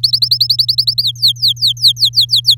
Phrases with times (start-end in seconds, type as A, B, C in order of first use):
0.03-1.03 A, 1.03-2.55 B